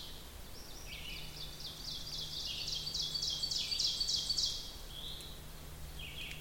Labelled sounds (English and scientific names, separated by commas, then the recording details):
Ovenbird (Seiurus aurocapilla) song
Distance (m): 35 m
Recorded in boreal forest in Alberta, Canada, on 2 June 2016 at 07:24
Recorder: SongMeter 3, array SBT-3-7
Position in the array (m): 139 m, 135 m
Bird 8